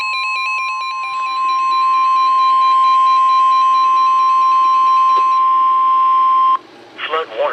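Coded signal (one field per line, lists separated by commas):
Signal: Emergency Alert System (SAME) tones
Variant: 1050 Hz attention tone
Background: speech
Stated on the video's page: EAS alerts via NOAA weather radio during a flash flood risk.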